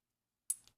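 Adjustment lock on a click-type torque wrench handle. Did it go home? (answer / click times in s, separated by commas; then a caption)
yes / 0.5 s. After the click-type torque wrench is set to 38 ft-lb for a lower control arm and ball joint job on a 2002-08 Toyota Camry, the adjustment lock on its handle is engaged. A sharp click at 0.5 s is followed by a fainter tick at 0.7 s in otherwise silence. The lock seats in place so the setting cannot move.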